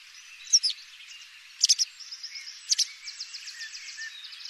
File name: Bergeronnette grise